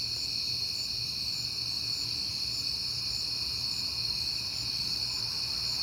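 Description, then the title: Crickets chirping in a dense, steady chorus of high, continuous pulsing tones in several layered pitches, with a faint low hum underneath throughout. Crickets recorded at night in September, on a peaceful night. "Night Time: Crickets and Passing Cars"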